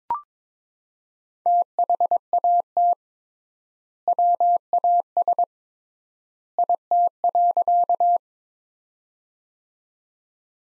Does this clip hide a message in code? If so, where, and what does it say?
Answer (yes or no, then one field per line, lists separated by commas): yes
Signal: Morse code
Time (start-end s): 1.5-8.2 s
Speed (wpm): 21 wpm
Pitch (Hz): 700 Hz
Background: none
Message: THAT WAS IT.